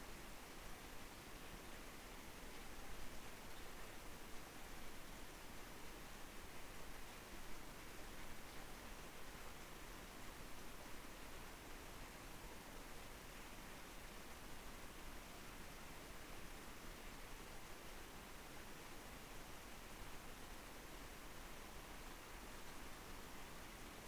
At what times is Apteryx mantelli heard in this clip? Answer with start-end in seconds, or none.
none